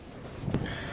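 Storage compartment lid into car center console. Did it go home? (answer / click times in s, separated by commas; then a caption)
yes / 0.5 s. The lid over a 2020 Lincoln Nautilus center console storage compartment, which holds the cigarette lighter socket and a USB port, is pressed down until it locks. A single sharp latch click at 0.5 s rises over low background rumble, and the lid is latched shut.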